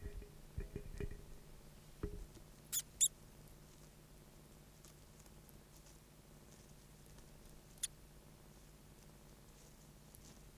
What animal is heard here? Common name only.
European Water Vole